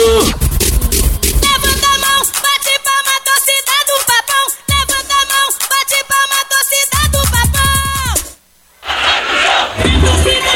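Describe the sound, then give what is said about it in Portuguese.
A loud crowd of Paysandu football fans at a live concert at a beer festival chants "É bicolor" in rhythmic unison and claps a raised hand onto the palm, voices rising and falling together, then breaks off briefly before erupting into a burst of noisy cheering. “A torcida do Paysandu joga a mãozinha em cima e bate na palma da mão, na palma da mão, na palma da mão.”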